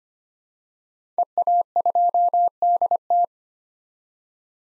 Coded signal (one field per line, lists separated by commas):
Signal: Morse code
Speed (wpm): 25 wpm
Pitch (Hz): 700 Hz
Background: none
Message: EA2DT